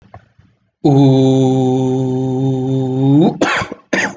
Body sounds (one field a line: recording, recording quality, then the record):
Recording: sustained vowel as in boot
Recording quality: moderate, slight background noise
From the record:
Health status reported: COVID-19 positive, mild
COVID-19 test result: positive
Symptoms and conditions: cough, fatigue, muscle pain, loss of smell and taste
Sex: male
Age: 27 years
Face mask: not worn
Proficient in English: yes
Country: India